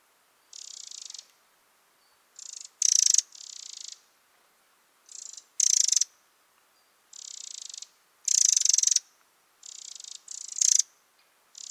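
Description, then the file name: Eurasian wren rattles: softer, longer churrs interspersed with short, loud, harsh bursts, irregularly spaced throughout. "Troglodytes troglodytes"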